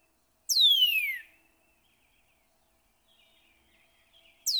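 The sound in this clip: Northern cardinal song: a loud, clear whistle sliding steeply downward, followed after a pause by the start of another, over faint background chatter.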